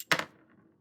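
A Klein Tools flip socket is popped out of its screwdriver shaft with almost no force, giving a sharp click at 0.1 s followed by a quick, quieter rattle. The socket is released because it is not held securely in its detent.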